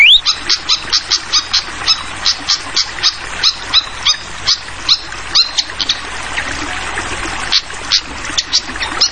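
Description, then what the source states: Flycatcher song: a steady run of sharp, high chirps, several each second, with gurgling water hissing underneath. Called sikatan kipas, also sikatan londo; clear song mixed with the sound of trickling water, used as a masteran tutoring track for songbirds.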